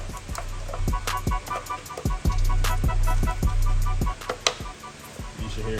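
An air intake hose quick-connect at the rear of the valve cover area on a 2017 Chevy Sonic 1.8L engine is pushed back onto its fitting during a valve cover gasket replacement, with music playing throughout. A sharp, loud click at 4.5 s marks the connector seating properly.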